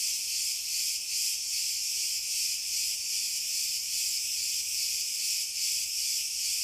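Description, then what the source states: Cicadas buzzing in a dense, continuous high-pitched chorus that pulses gently about two or three times a second, with no other clear sounds. Cicadas calling in pine trees.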